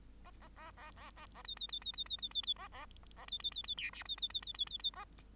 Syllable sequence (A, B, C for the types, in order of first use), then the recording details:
A A A A A A A B B B B B B B B B A A A B B B B C D B B B B B B B A. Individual Bird8